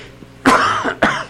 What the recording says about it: So you'll hear me cough a lot while we're doing this.